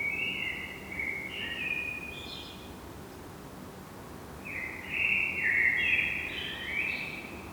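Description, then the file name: Eurasian blackbird song with two separate phrases of warbled fluting notes, each rising into thin high twitters, parted by a few seconds of quiet. "Turdus merula"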